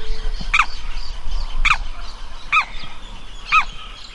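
Bird uttering four hoarse, honking calls about a second apart, set against low rumbling background noise.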